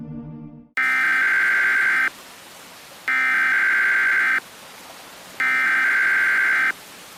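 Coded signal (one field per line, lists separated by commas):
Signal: Emergency Alert System (SAME) tones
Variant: header bursts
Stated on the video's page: Fictional EAS scenario.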